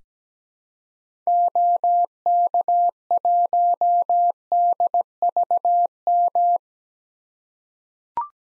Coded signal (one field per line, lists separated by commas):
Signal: Morse code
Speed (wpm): 17 wpm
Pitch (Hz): 700 Hz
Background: none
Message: OK1DVM